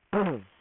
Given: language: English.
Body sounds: throat vibration sensor signal played as sound; throat clearing

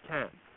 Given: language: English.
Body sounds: throat vibration sensor signal played as sound; speech

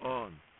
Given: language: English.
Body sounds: throat vibration sensor signal played as sound; speech

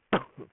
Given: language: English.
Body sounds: throat vibration sensor signal played as sound; cough

